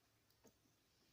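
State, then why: Not seated. A new tail light bulb for a 2007-2010 Toyota FJ Cruiser is handled and pushed toward its plastic socket, replaced because the brake light was not working properly. Over a faint low hum there is a light tick near 0.3 s, a brief louder knock around 0.45 s and a small tick near 0.65 s. The bulb has not snapped into the socket yet.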